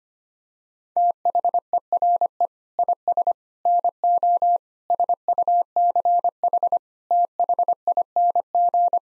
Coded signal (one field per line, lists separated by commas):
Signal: Morse code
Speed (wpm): 25 wpm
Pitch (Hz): 700 Hz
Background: none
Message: THERE IS NO SUCH THING